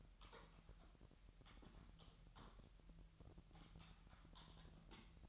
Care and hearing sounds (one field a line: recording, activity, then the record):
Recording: daily activity, microphone in the room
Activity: typing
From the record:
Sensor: 3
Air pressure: 1002.0 hPa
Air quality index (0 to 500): 246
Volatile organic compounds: 50 ppm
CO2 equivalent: 3295 ppm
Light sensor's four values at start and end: 13/41/17/15 and 13/41/17/15